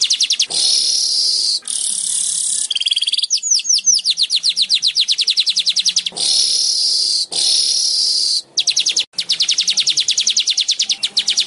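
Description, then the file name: Weaver song: fast rattling trains of high clicks alternating with harsh buzzy wheezes and a run of rising sweeps, repeated in bursts. "Tieng chim dong doc chim rong roc dau vang"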